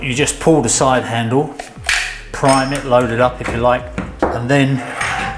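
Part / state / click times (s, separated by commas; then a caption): oscillating multi-tool blade onto the tool's quick-release mount / not seated / none. Someone talks while handling a Bosch GOP 18V-28 cordless oscillating multi-tool, pulling its side lever to prime the tool-free clamp and bringing a metal blade up to the quick-release mount. Light handling sounds are heard under the speech. Nothing has seated or clicked yet.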